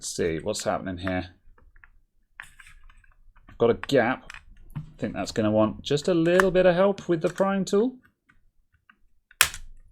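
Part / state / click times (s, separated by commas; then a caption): plastic housing clip of a computer mouse shell / released / 9.4 s. While a wireless computer mouse is taken apart, a prying tool works at a gap in its plastic shell as someone talks. At 9.4 s an internal plastic housing clip lets go with a sharp, loud snap, and the shell clip pops open.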